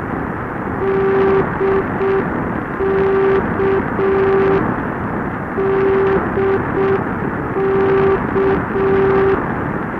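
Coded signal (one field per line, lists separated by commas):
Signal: Morse code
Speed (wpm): 6 wpm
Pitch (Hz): 390 Hz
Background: none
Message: DK DK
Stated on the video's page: NDB aviation beacon on 1020 kHz, received on an Icom IC-PCR1500 with a horizontal rhombic antenna.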